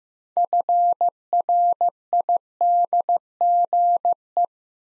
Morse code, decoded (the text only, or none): FRIDGE